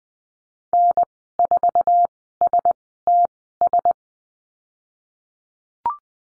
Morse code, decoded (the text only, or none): N4STS